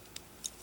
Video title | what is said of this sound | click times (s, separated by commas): Fansproject DIESEL (Motormaster): EmGo's Transformers Reviews N' Stuff | and then push it in it'll snap into place | 0.5 s